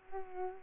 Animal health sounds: mosquito wingbeat signal from an infrared sensor; Culex pipiens

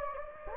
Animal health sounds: mosquito wingbeat signal from an infrared sensor; Anopheles gambiae

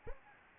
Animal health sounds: mosquito wingbeat signal from an infrared sensor; Anopheles arabiensis

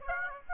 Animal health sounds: mosquito wingbeat signal from an infrared sensor; Aedes aegypti

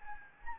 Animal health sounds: mosquito wingbeat signal from an infrared sensor; Anopheles gambiae

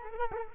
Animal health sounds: mosquito wingbeat signal from an infrared sensor; Culex quinquefasciatus

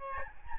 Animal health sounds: mosquito wingbeat signal from an infrared sensor; Aedes albopictus

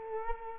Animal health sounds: mosquito wingbeat signal from an infrared sensor; Culex quinquefasciatus

